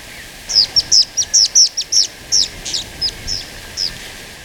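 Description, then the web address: Many-striped canastero song: a series of about a dozen high, thin, sharp notes, fairly quick at first, then spacing out and fading toward the end, over faint background hiss. Recorded in Ecuador. "Birds of Ecuador 2. Many-Striped Canastero"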